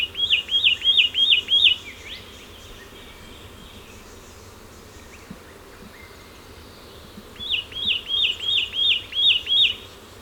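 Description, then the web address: Satin flycatcher calling in two bursts of rapid, repeated rising-falling whistles, six or seven notes each, separated by several seconds of quiet hiss. "Audio Myiagra Cyanoleuca"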